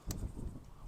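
A fuel pipe retaining clip on the diesel fuel filter of a Ford Focus Mk3 is pressed down after the pipe is pushed all the way on, so the pipe won't come out. A short, sharp snap is heard at 0.1 s over a low background rumble, and the clip is seated.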